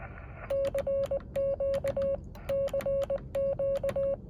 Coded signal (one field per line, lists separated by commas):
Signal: Morse code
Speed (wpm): 20 wpm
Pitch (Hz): 550 Hz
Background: none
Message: CQ CQ